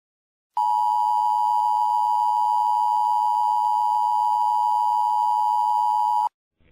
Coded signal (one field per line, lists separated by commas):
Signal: Emergency Alert System (SAME) tones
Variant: 853 and 960 Hz attention tone